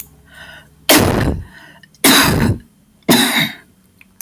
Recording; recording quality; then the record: heavy voluntary cough; moderate, slight background noise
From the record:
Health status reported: respiratory illness, not identified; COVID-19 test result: negative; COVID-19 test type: RT-PCR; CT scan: not taken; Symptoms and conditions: asthma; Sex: female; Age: 34 years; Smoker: no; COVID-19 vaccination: both doses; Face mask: not worn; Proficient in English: yes